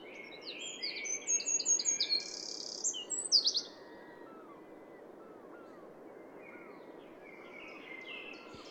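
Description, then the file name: Eurasian wren: rapid, high twittering bursts over the first few seconds, with soft lower whistled notes from another bird and steady background hiss. "Troglodytes troglodytes"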